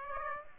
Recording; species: mosquito wingbeat signal from an infrared sensor; Aedes aegypti